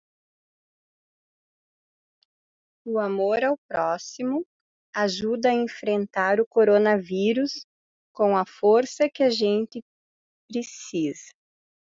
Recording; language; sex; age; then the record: spoken sentence; Brazilian Portuguese; female; 40 to 49 years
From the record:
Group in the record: control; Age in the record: 41 years